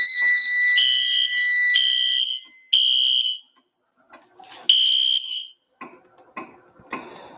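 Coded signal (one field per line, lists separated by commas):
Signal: alarm pattern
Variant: temporal three (Code 3)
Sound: harsh electronic fire alarm horn blasts, overlapping and uneven, then short bursts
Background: room echo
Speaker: And it's set on its regular code 3 tone, and the strobes are actually being synced with wheel-lock sync by the fire alarm control panel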